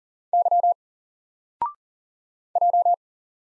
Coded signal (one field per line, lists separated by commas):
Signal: Morse code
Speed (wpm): 39 wpm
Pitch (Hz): 700 Hz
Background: none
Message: Y J